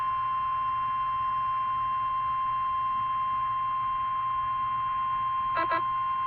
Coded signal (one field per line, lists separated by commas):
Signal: Emergency Alert System (SAME) tones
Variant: 1050 Hz attention tone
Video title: KIH28 RWT provided by Coast Of The Weather (thank you) (EAS #207)